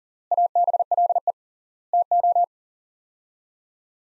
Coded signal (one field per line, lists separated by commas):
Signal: Morse code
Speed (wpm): 40 wpm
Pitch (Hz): 700 Hz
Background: none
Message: ABLE TO